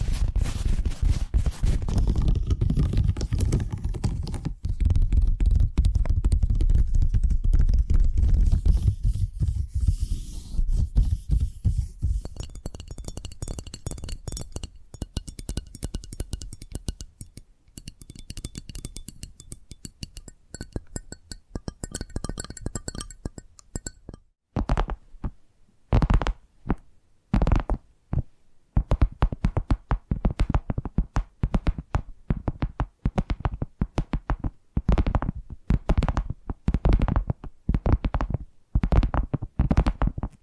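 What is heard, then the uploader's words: Tapping triggers: dense, muffled rumbling taps fill the first half, thinning out, then after 25 seconds crisp, evenly spaced sharp taps repeat quickly. ASMR 10 Addictive Tapping Triggers. (No Talking).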